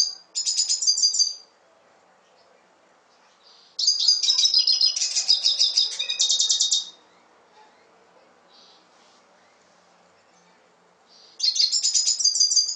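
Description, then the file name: Red siskin singing in bursts of fast, buzzy, high twittering, three phrases separated by pauses of several seconds. "Canto del Cardenalito"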